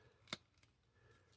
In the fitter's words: oh and it does click into place